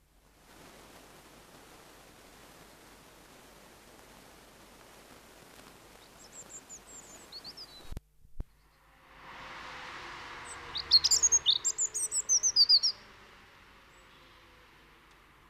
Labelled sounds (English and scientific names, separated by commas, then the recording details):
Garden Warbler (Sylvia borin)
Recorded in the wild
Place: Kaiserslautern, Rheinland-Pfalz, DE
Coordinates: 49.4247, 7.77889
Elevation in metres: 279
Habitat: garden
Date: 1981-06-10
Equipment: Nagra IV
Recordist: Tretzel, Erwin
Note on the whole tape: Aufnahme Juni 1981, Garten, Kaiserslautern: Gesang mit Imitation von Finkenschlägen